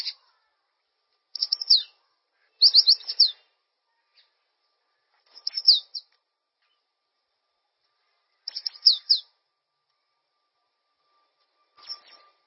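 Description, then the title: Bird song in short bright bursts of fast, high chirps and trills, each phrase under a second, coming at irregular gaps with quiet between them. "LuckyPassaro Completos2Sama"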